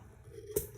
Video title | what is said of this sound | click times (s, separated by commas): Can you pick locks? | Nice click. and we are open. | 0.6 s